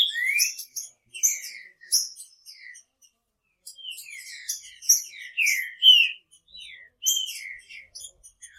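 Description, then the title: Green-winged saltator song: short rich whistled slurs in scattered phrases, mixed with sharp high chips. "Trinca Ferro"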